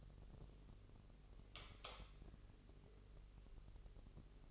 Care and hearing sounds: daily activity, microphone in the room; light on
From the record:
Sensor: 4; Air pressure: 996.1 hPa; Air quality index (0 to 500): 65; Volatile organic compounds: 2 ppm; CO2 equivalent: 1163 ppm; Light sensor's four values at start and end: 14/31/12/12 and 15/34/14/13

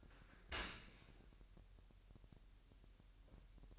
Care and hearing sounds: daily activity, microphone in the room; open dishwasher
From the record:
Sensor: 2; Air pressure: 1000.4 hPa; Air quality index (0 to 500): 245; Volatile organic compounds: 88 ppm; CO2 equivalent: 3673 ppm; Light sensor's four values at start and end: 9/21/8/8 and 9/21/8/8

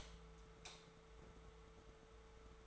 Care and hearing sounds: daily activity, microphone in the room; light off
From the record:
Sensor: 3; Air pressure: 1014.6 hPa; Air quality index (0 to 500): 180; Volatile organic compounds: 18 ppm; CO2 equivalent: 2624 ppm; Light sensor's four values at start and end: 32/81/34/36 and 21/53/22/23

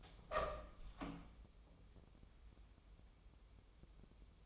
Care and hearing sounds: daily activity, microphone in the room; open door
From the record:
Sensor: 1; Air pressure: 1005.0 hPa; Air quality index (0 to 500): 90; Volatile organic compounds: 2 ppm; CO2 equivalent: 1224 ppm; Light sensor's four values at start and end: 10/23/9/10 and 10/23/9/10

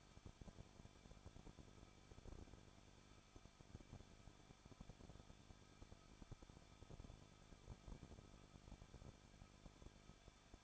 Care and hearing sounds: daily activity, microphone in the room; no activity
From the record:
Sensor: 5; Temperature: 20.8 degrees Celsius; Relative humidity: 38.6%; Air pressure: 1006.5 hPa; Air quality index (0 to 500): 192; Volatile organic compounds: 21 ppm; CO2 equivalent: 2714 ppm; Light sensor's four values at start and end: 2/3/1/1 and 2/3/1/1

